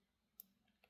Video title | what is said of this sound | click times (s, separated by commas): How to tell a revolver is out of time | And now it's clicked in. | 0.4 s